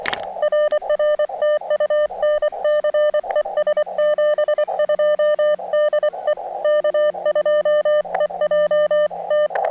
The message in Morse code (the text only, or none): RR TU NC ES 72 DE K2EJT